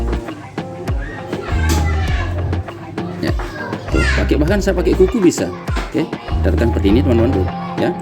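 Someone presses a small metal piston pin retaining clip with a fingernail toward the groove of a Mio Sporty motorcycle piston, while someone talks over background music. Light handling taps and scrapes are heard, and the clip has not clicked into the groove or seated yet.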